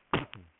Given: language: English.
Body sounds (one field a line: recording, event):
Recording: throat vibration sensor signal played as sound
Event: cough